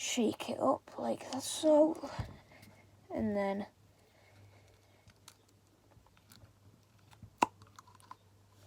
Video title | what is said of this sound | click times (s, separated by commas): Painting Liekoron the executioner finale | open it so you hear a pop | 7.4 s